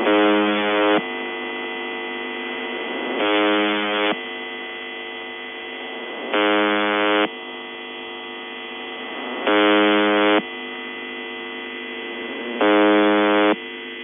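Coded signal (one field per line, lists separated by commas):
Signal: channel marker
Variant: UVB-76 (The Buzzer)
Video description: Clean sample of The Buzzer UVB-76 or S28 Russian channel marker 4625 kHz, believed to be part of the Western Military District HF network.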